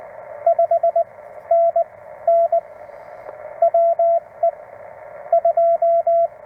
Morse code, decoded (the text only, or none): 5NN WE 2